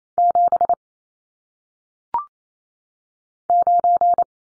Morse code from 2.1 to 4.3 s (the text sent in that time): 9